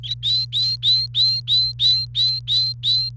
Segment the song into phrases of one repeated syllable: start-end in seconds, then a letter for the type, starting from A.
0.03-3.09 A